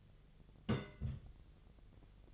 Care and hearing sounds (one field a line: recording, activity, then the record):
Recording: daily activity, microphone in the room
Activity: place on stove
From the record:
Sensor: 4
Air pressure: 1000.8 hPa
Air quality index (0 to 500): 125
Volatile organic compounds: 1 ppm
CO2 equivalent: 938 ppm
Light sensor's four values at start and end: 35/84/35/39 and 35/85/36/39